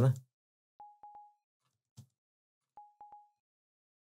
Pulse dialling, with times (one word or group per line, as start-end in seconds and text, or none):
none